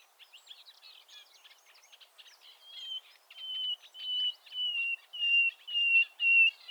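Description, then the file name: Common nightingale song: a quick jumble of varied chirps and trills, then about seven loud, pure whistled notes repeated in a steady series, swelling in volume. "Luscinia megarhynchos"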